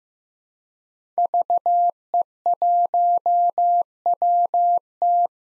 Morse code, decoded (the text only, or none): VE1WT